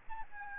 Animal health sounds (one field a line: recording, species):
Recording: mosquito wingbeat signal from an infrared sensor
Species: Aedes albopictus